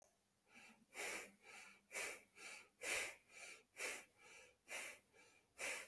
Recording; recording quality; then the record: shallow breathing; excellent, no background noise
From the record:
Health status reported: healthy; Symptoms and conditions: none ticked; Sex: male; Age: 31 years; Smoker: not ticked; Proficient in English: yes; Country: India